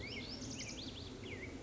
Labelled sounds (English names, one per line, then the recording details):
Black-headed Grosbeak
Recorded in Sonoma County, California